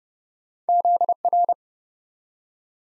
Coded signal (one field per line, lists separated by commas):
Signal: Morse code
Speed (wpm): 29 wpm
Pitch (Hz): 700 Hz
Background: none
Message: ZR